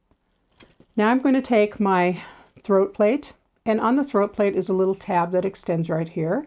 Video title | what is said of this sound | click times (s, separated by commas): 9-6 Replace Needle, Clean and Oil - Bernina 930 Sewing Machine | I'm just going to push right there and you could hear it click sometimes it doesn't make that clicking sound | 0.6 s